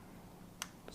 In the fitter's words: just like so snaps right into place flip it over